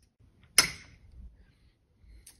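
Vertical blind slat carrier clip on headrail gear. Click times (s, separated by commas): 0.6 s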